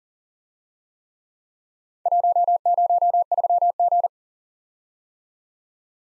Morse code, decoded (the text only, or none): 103G